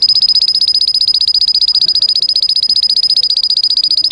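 Canary song: a rapid, very even trill of high notes throughout.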